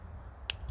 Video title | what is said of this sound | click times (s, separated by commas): what to look for in good kydex | good click out no retention on the draw | 0.5 s